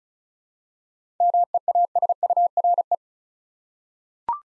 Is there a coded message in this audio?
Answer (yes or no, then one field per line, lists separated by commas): yes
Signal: Morse code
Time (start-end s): 1.2-3.0 s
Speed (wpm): 36 wpm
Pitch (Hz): 700 Hz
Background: none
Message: MEASURE